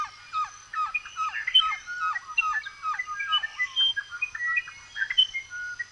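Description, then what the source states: Birds chirping: many short, overlapping chirps and slurred whistles from several birds, busy and continuous throughout. Birds chirping in a forest.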